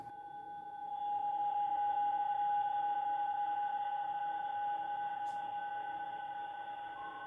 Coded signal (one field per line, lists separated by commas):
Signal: PSK31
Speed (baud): 31.25 baud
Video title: Présentation du Minion SDR de Chez QRPVer.